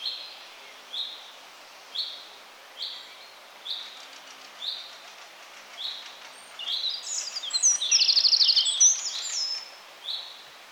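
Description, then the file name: Eurasian wren song: a series of short high chip notes about once a second, then a loud, rapid trilling song phrase near the end. "Troglodytes troglodytes"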